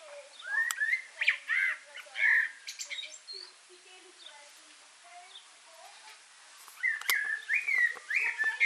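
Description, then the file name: Common blackbird song phrases: a run of warbled whistled notes and chuckles, a quiet pause with faint twittering, then another burst of fluty, rising phrases at the end. "Turdus merula"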